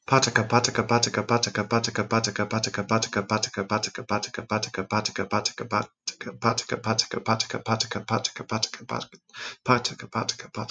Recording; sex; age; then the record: repeated syllables /pa ta ka/; male; 30 to 39 years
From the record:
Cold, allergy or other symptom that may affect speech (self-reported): no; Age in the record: 38 years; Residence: Missouri, United States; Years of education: 20